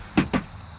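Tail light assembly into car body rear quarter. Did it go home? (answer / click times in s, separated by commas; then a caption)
yes / 0.2 s, 0.3 s. A rear tail light assembly on a 2007–2012 Nissan Altima, with its plastic tabs lined up, is pushed down onto the car body's rear quarter. Two sharp snaps are heard at 0.2 s and 0.3 s as the tabs click into place. The assembly is seated and ready to be secured.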